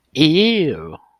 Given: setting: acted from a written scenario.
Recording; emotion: vocal sound without words; disgust